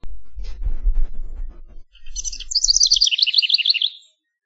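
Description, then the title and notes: House wren song, a rapid bubbling burst of trilled notes near the end, after low rumbling and faint indistinct sounds at the start. A single male house wren singing in search of a mate. "A tiny house wren, singing his heart out in search of a mate."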